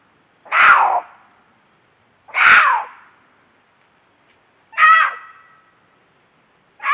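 Cougar calls, short harsh cries repeated about every two seconds, the first two falling and the third more tonal and harmonic.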